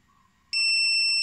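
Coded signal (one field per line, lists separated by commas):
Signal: beep code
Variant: FPV lost-model locator buzzer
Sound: quiet hum, then a sudden loud shrill piezo beep continuing to the end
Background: faint electrical hum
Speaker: it should uh start the first beeping after 30 seconds which is the default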